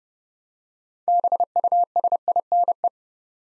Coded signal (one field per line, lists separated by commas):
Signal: Morse code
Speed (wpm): 30 wpm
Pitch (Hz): 700 Hz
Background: none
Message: BUSINE